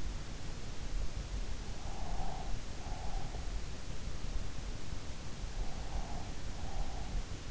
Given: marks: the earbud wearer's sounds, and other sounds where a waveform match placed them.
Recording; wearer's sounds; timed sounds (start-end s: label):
sounds in sleep by an in-ear microphone; breath
1.48-3.94 s: breath
5.66-7.43 s: breath